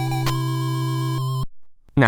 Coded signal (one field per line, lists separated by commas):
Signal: none